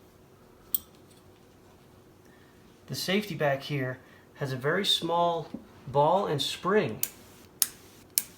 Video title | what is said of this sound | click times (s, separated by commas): Crosman 160 disassembly | allows it to click into place and you want to be very careful not to lose that stuff okay | 7.6 s, 8.2 s